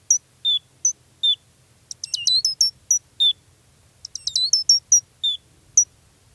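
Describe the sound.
Gray's lark calls: high chips mixed with slurred lower notes and two fast twittering bursts, clear against a quiet background.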